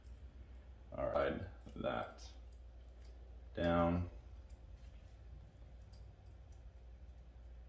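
A piston ring for a Honda B16 engine is eased down the piston by hand toward its groove while someone talks. Only a few small, faint ticks are heard. Nothing has seated or clicked into place yet.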